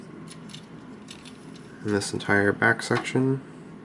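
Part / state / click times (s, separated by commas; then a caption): back section of a transforming toy figure, snapping into the figure body / not seated / none. The back section of a plastic transforming action figure is handled as it is folded down toward the figure's body, with faint handling taps near 0.5 and 1.1 seconds. Someone talks from about 1.8 to 3.4 seconds. Nothing has seated or clicked into place yet.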